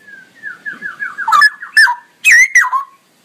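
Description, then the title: Straw-headed bulbul song opening with a quick series of short falling notes that grow louder, ending in powerful bubbling, slurred whistles. Male singing prolifically with a loud voice and long rolling phrases; used as masteran training song. "GILEEE Cucak ROWO Jantan GACOR Suara Lantang ROoo EL Panjang"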